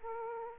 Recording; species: mosquito wingbeat signal from an infrared sensor; Aedes aegypti